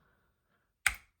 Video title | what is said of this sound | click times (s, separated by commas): You’ll Never Guess How Incredible This NEW Budget Fixed Blade Knife Is! - Lothar Porcupine | okay does have that satisfying click on there let's take a look | 0.9 s